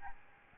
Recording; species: mosquito wingbeat signal from an infrared sensor; Aedes albopictus